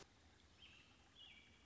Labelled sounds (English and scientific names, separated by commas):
American Robin (Turdus migratorius)